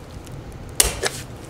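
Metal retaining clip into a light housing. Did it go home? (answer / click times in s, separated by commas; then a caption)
yes / 0.8 s. A metal retaining clip on a light assembly of a vintage Porsche 914, during an LED conversion, is pushed down carefully and gently with a flat-blade screwdriver into the light housing. A sharp snap at 0.8 s marks the clip seating in place, followed by a softer tick around 1.1 s over quiet background.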